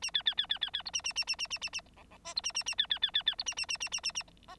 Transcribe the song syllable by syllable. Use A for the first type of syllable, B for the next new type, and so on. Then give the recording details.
A B B B B B B C A A A A A A A A D D E C A A A B B B B B C A A A A A A A F. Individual Bird9